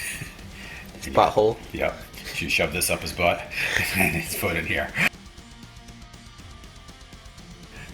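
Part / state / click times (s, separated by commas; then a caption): statue body onto base peg / not seated / none. Someone talks over background music while lining up the body of a Kotobukiya 1/6 scale Maximum Carnage statue over the peg on its base and placing the foot, before pushing it home. The talking stops at about 5.1 seconds, leaving only quieter music with no hits. Nothing has seated or clicked yet.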